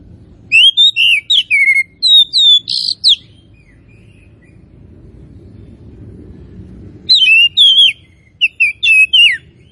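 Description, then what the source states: Oriental magpie-robin with bursts of loud whistles and a rasping buzzy note, then a pause before a second series of wavering whistled phrases. Kacer from Tretes; described as gacor, singing actively and persistently.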